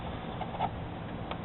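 A plastic electrical wiring connector is being handled and pushed toward the MAP sensor on a 2006 Escape, with faint handling noise and a brief small tick near 1.3 seconds. Nothing has seated or clicked onto the sensor yet.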